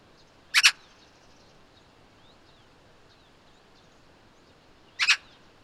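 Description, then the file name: Eurasian magpie calling twice, each a quick double chak-chak of harsh rasping notes, about four seconds apart, with faint twittering birds behind. "Pica pica"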